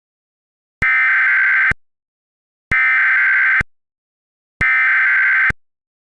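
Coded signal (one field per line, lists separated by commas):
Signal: Emergency Alert System (SAME) tones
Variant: header bursts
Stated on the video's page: Fictional EAS scenario alert.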